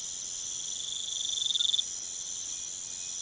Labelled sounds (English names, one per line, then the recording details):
none
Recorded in pastures near Puerto Asís, Putumayo, Colombia, on 23 June 2025 at 03:30
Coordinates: 0.486, -76.323
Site H29